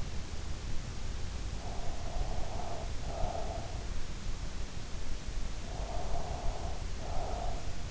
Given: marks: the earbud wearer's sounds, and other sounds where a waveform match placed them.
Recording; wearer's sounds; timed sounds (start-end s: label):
sounds in sleep by an in-ear microphone; breath
1.28-3.87 s: breath
5.61-7.91 s: breath